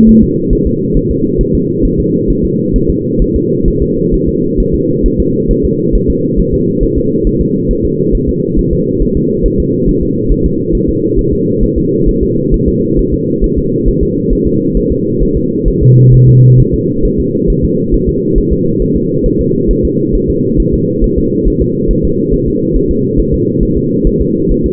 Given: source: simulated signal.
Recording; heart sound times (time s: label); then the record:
fetal heart sounds
0.09 s: S1
0.23 s: S2
0.53 s: S1
0.67 s: S2
0.97 s: S1
1.11 s: S2
1.41 s: S1
1.55 s: S2
1.85 s: S1
2.00 s: S2
2.30 s: S1
2.45 s: S2
2.76 s: S1
2.90 s: S2
3.22 s: S1
3.36 s: S2
3.68 s: S1
3.83 s: S2
4.14 s: S1
4.29 s: S2
4.60 s: S1
4.75 s: S2
5.06 s: S1
5.20 s: S2
5.51 s: S1
5.65 s: S2
5.95 s: S1
6.10 s: S2
6.40 s: S1
6.54 s: S2
6.83 s: S1
6.98 s: S2
7.27 s: S1
7.41 s: S2
7.71 s: S1
7.85 s: S2
8.15 s: S1
8.29 s: S2
8.59 s: S1
8.73 s: S2
9.02 s: S1
9.17 s: S2
9.46 s: S1
9.60 s: S2
9.89 s: S1
10.03 s: S2
10.32 s: S1
10.46 s: S2
10.75 s: S1
10.89 s: S2
11.19 s: S1
11.33 s: S2
11.63 s: S1
11.78 s: S2
12.09 s: S1
12.23 s: S2
12.54 s: S1
12.69 s: S2
12.99 s: S1
13.14 s: S2
13.44 s: S1
13.58 s: S2
13.88 s: S1
14.03 s: S2
14.33 s: S1
14.47 s: S2
14.77 s: S1
14.92 s: S2
15.23 s: S1
15.37 s: S2
15.68 s: S1
15.83 s: S2
16.14 s: S1
16.29 s: S2
16.60 s: S1
16.74 s: S2
17.05 s: S1
17.20 s: S2
17.50 s: S1
17.64 s: S2
17.94 s: S1
18.09 s: S2
18.38 s: S1
18.53 s: S2
18.82 s: S1
18.97 s: S2
19.26 s: S1
19.41 s: S2
19.71 s: S1
19.85 s: S2
20.15 s: S1
20.30 s: S2
20.60 s: S1
20.74 s: S2
21.04 s: S1
21.19 s: S2
21.48 s: S1
21.62 s: S2
21.91 s: S1
22.05 s: S2
22.34 s: S1
22.48 s: S2
22.76 s: S1
22.91 s: S2
23.20 s: S1
23.34 s: S2
23.63 s: S1
23.78 s: S2
24.07 s: S1
24.22 s: S2
24.52 s: S1
24.66 s: S2
From the record:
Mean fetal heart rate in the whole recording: 135 bpm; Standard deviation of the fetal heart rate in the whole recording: 3 bpm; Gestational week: 36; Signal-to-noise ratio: -11.2 dB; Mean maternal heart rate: 72 bpm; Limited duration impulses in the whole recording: present